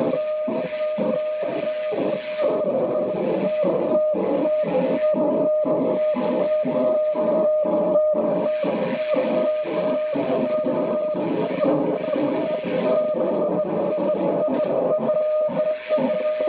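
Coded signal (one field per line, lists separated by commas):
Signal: weather fax (radiofax)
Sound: rhythmic buzzing tone switching on and off about twice a second, amid hiss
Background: radio static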